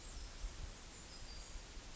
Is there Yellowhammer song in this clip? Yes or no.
no